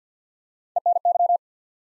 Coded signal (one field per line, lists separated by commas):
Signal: Morse code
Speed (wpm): 45 wpm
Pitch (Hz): 700 Hz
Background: none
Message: ENY